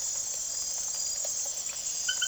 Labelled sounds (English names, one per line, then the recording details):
none
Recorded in secondary vegetation near Puerto Asís, Putumayo, Colombia, on 25 June 2025 at 00:00
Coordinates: 0.489, -76.322
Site G021